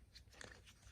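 A screwdriver bit is pushed out from the back of its slot in a compact screwdriver bit set holder, releasing it. A short, sharp tick is heard at 0.4 s with a second, softer tick at 0.5 s over low background noise.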